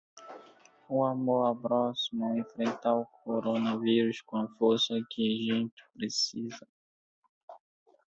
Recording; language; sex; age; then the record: spoken sentence; Brazilian Portuguese; male; 20 to 29 years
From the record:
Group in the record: control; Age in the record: 22 years